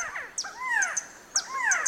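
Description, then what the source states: Resplendent Quetzal giving clear whistled notes that arch up and then fall, repeated twice about a second apart, with sharp high chips between them. Resplendent quetzal, Mexico's sacred bird, of cloud forests in southern Mexico and Central America.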